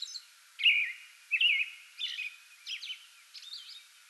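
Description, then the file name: American robin caroling: a brief high note, then five fluty slurred phrases, the last ones mixed with higher squeaky whistles. Singing before dawn from a small tree in a front yard, 8 May 2022. "2022-05-08 American Robin pre-dawn singing from small tree in front yard"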